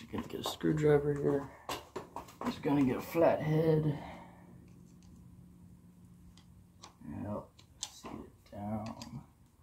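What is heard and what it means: Someone talks while reaching for a flat-head screwdriver during an RM 250 dirt bike rebuild, with a steady low hum and a few short taps and handling knocks in the background. An unnamed part is being worked toward its fitting on the bike, but nothing has seated or clicked into place yet.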